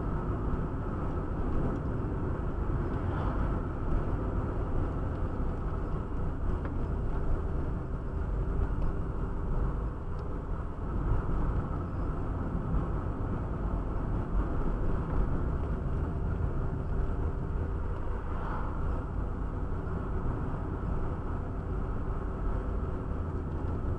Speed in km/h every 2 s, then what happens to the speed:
53, 53, 51, 49, 46, 51, 51, 53, 49, 52, 52, 52.
0-7 slows to 46. 13-24 steady at about 52.